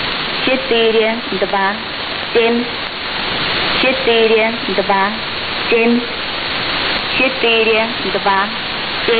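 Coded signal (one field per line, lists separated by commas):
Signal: numbers station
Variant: S06s, Russian female voice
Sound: woman's voice reading short evenly spaced words, about one every 1.5 seconds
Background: radio static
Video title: 25 06 2019 S06s Russian Lady numbers station in Russian to Eu 0730 on 7365 unknown tx site USB+AM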